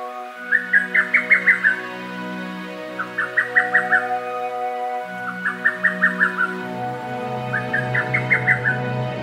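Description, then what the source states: Lesser cuckoo delivering four brisk, chopped phrases of several emphatic notes every two seconds or so, with a persistent low hum beneath. Recorded in Rikugien garden, Tokyo, Japan.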